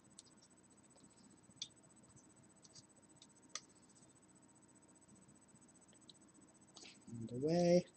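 A replacement hard drive in its plastic tool-less bracket is handled at the drive bay of a Lenovo M57 desktop PC, giving faint, sharp ticks and light handling noise over a low hum. Someone talks near the end. Nothing has snapped into place or seated yet.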